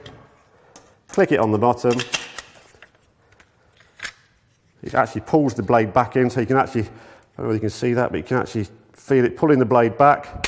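A general-purpose steel saw blade is fitted into the ergonomic handle of a Bahco Ergo handsaw, and the locking mechanism on the bottom is closed, pulling the blade back in. Someone talks, with a few faint handling taps, and a sharp positive click at 4.1 s marks the blade locking into the handle, seated.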